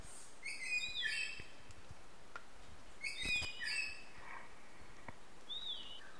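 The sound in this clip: Belford's melidectes giving bursts of harsh, rasping and whistled notes, two main bouts a couple of seconds apart, with clicks and faint noise behind.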